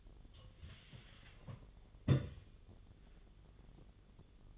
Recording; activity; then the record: daily activity, microphone in the room; take from stove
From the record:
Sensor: 4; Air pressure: 1010.8 hPa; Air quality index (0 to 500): 167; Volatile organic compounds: 4 ppm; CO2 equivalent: 1703 ppm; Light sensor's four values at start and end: 40/113/45/47 and 40/114/46/47